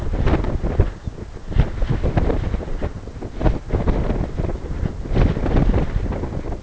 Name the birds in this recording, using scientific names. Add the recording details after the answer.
Calcarius lapponicus. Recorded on Arctic tundra, site NAIT-1, on 20 June 2018. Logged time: 23:00